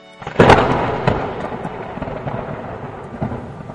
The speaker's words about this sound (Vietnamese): Một ánh chớp, một tiếng sấm rền vang.